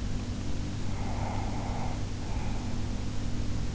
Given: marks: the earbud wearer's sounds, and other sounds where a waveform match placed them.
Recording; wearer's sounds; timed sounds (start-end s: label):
sounds in sleep by an in-ear microphone; breath
0.76-3.12 s: breath